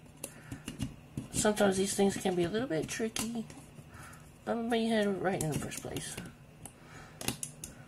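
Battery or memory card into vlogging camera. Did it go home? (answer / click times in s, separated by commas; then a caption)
yes / 7.3 s, 7.4 s. A battery or memory card is pushed into the plastic compartment of a 4K vlogging camera after being tried both ways. Someone talks while light clicks and taps sound. The part snaps in at 7.3 and 7.4 seconds and is seated.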